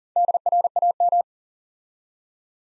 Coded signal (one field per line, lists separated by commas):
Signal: Morse code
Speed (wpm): 41 wpm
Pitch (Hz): 700 Hz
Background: none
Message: DRAM